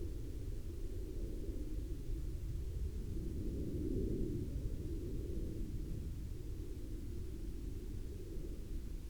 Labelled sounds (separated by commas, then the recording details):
aircraft
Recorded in the Prudhoe Bay oil fields, Alaska, on 18 May 2021 at 01:49
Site 17